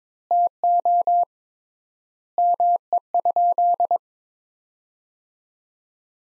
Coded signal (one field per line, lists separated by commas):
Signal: Morse code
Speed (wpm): 22 wpm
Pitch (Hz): 700 Hz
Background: none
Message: TO ME?